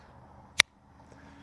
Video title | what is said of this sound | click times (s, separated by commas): Uwharrie Bushcraft knife - New Knife With Hidden Feature! | It does snap into place and it snaps out of place. I get a click | 0.6 s